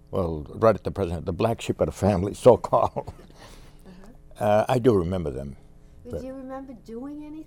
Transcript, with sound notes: well, right at the present, the black sheep of the family, so-called. ( he laughs ) I do remember them.
Do you remember doing anything?